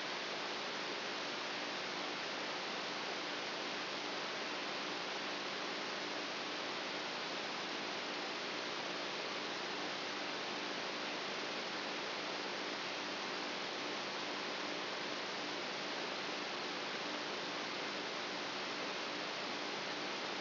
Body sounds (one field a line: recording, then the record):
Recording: brain microelectrode recording played as sound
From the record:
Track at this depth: outside the subthalamic nucleus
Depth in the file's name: 7.9 mm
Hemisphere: right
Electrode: 2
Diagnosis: Parkinson's disease